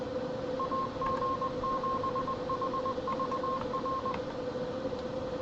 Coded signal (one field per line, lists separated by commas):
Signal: Morse code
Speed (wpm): 20 wpm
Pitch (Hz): 1060 Hz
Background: none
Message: AG7HVR